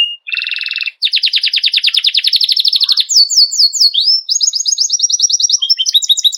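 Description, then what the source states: Belgian canary song beginning with a short buzzy burst, then a long rapid trill, a few swooping whistles and another fast run of repeated high notes. White Belgian canary.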